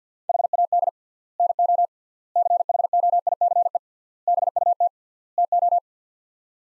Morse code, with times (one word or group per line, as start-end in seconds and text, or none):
0.3-0.9 HAD
1.4-1.9 NO
2.4-3.8 CHOICE
4.3-4.9 BUT
5.4-5.8 TO